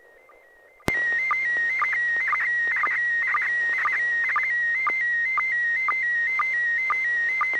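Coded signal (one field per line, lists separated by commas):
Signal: SSTV (slow-scan television)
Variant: PD 120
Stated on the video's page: Weekly amateur SSTV net on a 441.300 MHz FM repeater, images exchanged using MMSSTV software.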